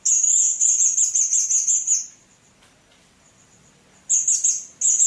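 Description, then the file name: Blue-crowned hanging parrot uttering a rapid run of high, shrill, trilled chirps for two seconds, a pause, then further bursts. "serindit"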